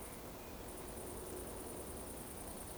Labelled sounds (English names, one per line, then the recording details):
Eurasian Woodcock whistle
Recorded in Baden-Württemberg, Germany, on 25 June 2020 at 19:51 UTC
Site 14569, 102 m above sea level